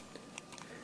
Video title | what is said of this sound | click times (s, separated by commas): Rj 45 port connector | it in like this see how it goes right in just like that it snaps right it looks good | 0.4 s